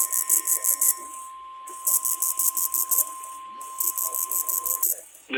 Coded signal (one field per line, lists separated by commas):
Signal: Emergency Alert System (SAME) tones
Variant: 1050 Hz attention tone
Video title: FINALLY GOT AN OFF DAY! NOAA Weather Radio EAS: Required Weekly Test (EAS #1,254 - 1,256)